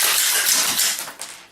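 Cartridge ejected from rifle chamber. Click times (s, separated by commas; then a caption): 1.2 s. The bolt of an AR15 rifle is cycled by hand to clear a malfunction, with a broad, loud rattle of metal working through the first second that gradually fades. At 1.2 s a single sharp metallic hit rings out as the stuck round is extracted and pops out of the chamber, confirming it is cleared.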